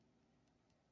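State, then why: Not seated. The button lock on a folding pocket knife's blade is engaged by hand, producing only faint, low-level handling noise with a couple of soft, brief hiss-like brushes. The blade moves a little but stays held, and nothing has seated or clicked yet.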